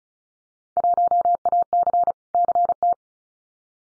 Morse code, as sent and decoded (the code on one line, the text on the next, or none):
.---- .- -.-. / -.-. -
1AC CT